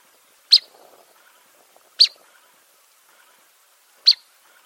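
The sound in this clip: Bird giving sharp, high chirps, three single notes spaced well apart, with faint soft rustling between them.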